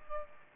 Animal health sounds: mosquito wingbeat signal from an infrared sensor; Aedes aegypti

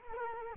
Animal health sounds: mosquito wingbeat signal from an infrared sensor; Culex quinquefasciatus

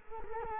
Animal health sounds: mosquito wingbeat signal from an infrared sensor; Culex quinquefasciatus

